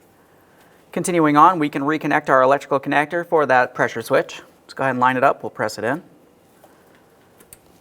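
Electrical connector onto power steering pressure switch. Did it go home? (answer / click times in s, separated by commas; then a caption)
yes / 7.5 s. Someone talks while a plastic electrical connector is lined up and pressed onto the power steering pressure switch of a 2009-2014 Nissan Maxima 3.5L V6 during a power steering pump replacement. After a quiet pause, a faint tick comes at 7.4 s, followed by a short, sharp click at 7.5 s as the connector seats and is properly secured.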